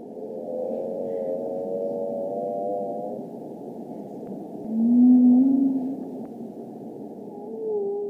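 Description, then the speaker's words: Humpback whale song: a long moaning tone with harmonics, then a louder, lower tone and a brief higher call at the end. Humpback whale song off the New England coast, where many whale species occur. "the song of a humpback whale. They're among the many species of whale that bask here off the New England coast."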